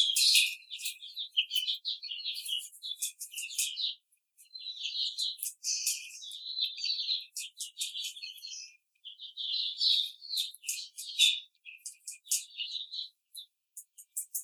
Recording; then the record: young laying hens in a cage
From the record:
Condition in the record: treatment cage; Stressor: simulated dog barking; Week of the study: 5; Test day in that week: 1